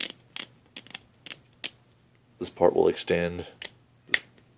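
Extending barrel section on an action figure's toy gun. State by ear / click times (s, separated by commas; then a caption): seated / 4.1 s. An extending barrel section on an action figure's plastic toy gun is pulled out while someone talks, with a series of small plastic clicks and ticks in the first couple of seconds. A sharp, bright snap at 4.1 s marks the part locking into its extended position.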